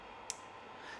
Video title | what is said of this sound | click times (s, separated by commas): Remember This Before Changing Your Clippers Blades | yeah once you hear the click noise | 0.3 s